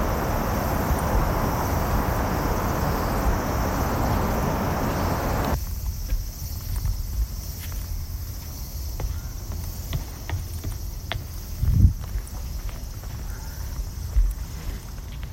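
Field recording at Odaiba Kaihin Park, Tokyo: a dense, steady rush fills the first five seconds, then cuts off abruptly. A quieter bed with a thin high hiss follows, dotted with small clicks and taps, a dull thump near twelve seconds and another near fourteen.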